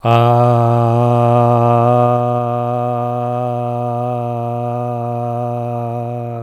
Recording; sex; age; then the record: sustained vowel /a/; male; 40 to 49 years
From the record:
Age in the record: 44 years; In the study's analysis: included